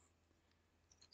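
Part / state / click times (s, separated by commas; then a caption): plastic leg panel tab into the T-notch on a transforming action figure / not seated / none. A plastic back-kibble leg panel's tab is fitted into a small T-notch on a Transformers Studio Series Gamer Edition Decepticon Soldier action figure, with only light handling taps at about 0.9, 1.0 and 1.1 seconds. Nothing has clicked or locked into place yet, and the panel just hangs off the back.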